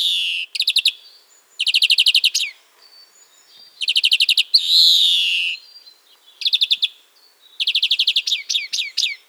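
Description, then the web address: European greenfinch song: short bursts of rapid, rattling twittered notes, repeated in quick series and broken by a long, wheezy, drawn-out buzz near the middle. "birdify. carduelis chloris"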